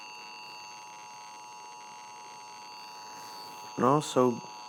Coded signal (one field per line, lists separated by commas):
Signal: Emergency Alert System (SAME) tones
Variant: 853 and 960 Hz attention tone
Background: speech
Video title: loud eas reaction